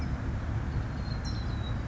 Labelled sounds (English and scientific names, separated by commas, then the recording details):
California Towhee (Melozone crissalis)
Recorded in Sonoma County, California